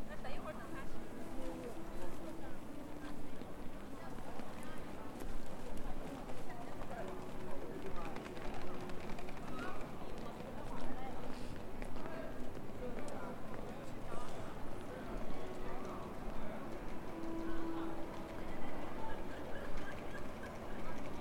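A busy pedestrian street in Shenyang's Zhongjie, filled with a steady wash of overlapping voices and footsteps. The crowd murmur stays dense and even throughout, with occasional brief tones and clicks rising out of it, and a low rumble underneath.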